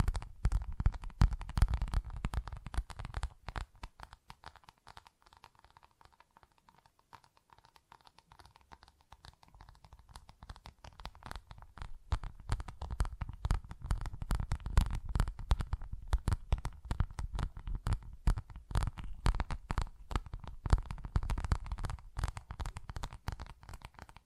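Tapping and scratching on textured surfaces, a dense run of quick, irregular clicks and scrapes with a low thumpy body. The activity eases off and grows quieter around five to ten seconds, then picks back up and stays busy and fairly loud to the end.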